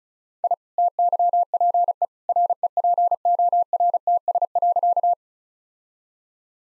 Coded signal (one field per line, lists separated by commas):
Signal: Morse code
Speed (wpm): 36 wpm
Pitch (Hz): 700 Hz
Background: none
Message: I TYPE REPORTS.